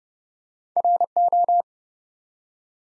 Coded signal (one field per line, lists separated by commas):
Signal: Morse code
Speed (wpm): 30 wpm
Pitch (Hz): 700 Hz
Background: none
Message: RO